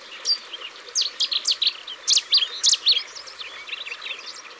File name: Bouscarle de Cetti Au bord de leau